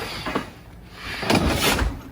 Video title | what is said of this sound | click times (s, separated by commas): Walkthrough 2021 Viking 2107LS Outside | it locks into place okay i can straighten all this out | 1.3 s